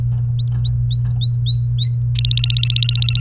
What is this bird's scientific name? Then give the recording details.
Serinus canaria. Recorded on 29 April 2018 at 14:02. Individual llb3